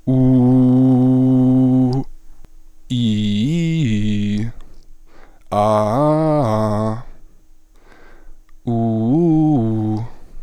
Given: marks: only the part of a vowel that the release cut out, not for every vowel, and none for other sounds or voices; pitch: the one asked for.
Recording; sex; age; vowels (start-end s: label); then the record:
sustained vowels; male; 20 to 29 years
0.31-1.82 s: vowel /u/, low pitch
3.13-4.32 s: vowel /i/, low-high-low pitch
5.79-6.87 s: vowel /a/, low-high-low pitch
8.77-9.92 s: vowel /u/, low-high-low pitch
From the record:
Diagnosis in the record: healthy voice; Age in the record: 21 years